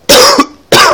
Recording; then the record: coughing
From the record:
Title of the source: Coughing 60